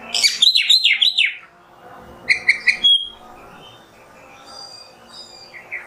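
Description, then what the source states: Oriental magpie-robin opening with a quick run of repeated buzzy notes, then a short chirpy burst and soft scattered whistles. Kacer singing in the 'nembak' song style, on a 'masteran' recording.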